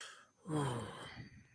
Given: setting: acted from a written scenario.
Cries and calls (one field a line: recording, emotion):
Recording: vocal sound without words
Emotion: relief